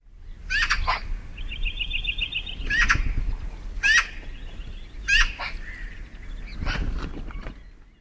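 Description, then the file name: Eurasian magpie giving harsh, rasping calls in short bursts every second or two, over low rumbling background noise. "Pica pica"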